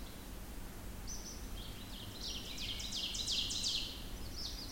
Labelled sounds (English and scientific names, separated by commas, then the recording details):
Ovenbird (Seiurus aurocapilla) song
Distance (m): 55 m
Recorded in boreal forest in Alberta, Canada, on 16 June 2016 at 06:12
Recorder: SongMeter 3, array SBT-3-32
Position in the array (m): 114 m, 145 m
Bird 37